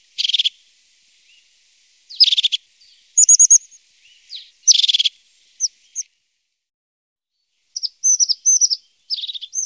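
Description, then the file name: Crested tit calls come in scattered bursts: short, buzzy trills and thin, high, sliding notes, with brief silences between them. "Tofsmes"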